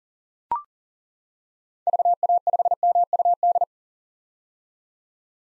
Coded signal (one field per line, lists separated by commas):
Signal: Morse code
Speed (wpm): 40 wpm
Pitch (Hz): 700 Hz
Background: none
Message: VA5MUD